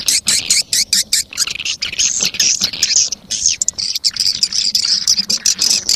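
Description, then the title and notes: Swiftlet chirps, bursts of high twittering broken by short pauses, becoming more continuous later. Sound used in swiftlet farming in Asia. "Swiflet Bird Sound. Farming Swiflet Bird asia sound"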